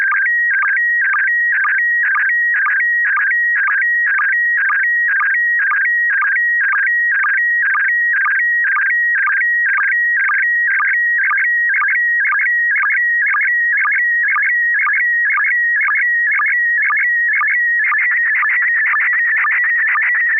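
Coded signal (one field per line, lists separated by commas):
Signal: SSTV (slow-scan television)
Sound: steady whistling tone broken twice a second by rapid warbling chirps and low blips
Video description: River City ARCS SSTV Net 9 pm Wednesdays Pacific Time on N6NA FM repeater 441.30 MHz, Sacramento, CA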